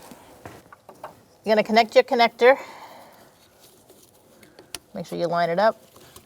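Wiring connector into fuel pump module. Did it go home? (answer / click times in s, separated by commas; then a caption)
no / none. A wiring connector is lined up and handled at the fuel pump module of a 2004-2009 Mazda 3 2.3L L4 while someone talks. Only light handling ticks and taps are heard between the speech. The connector has not seated or clicked yet.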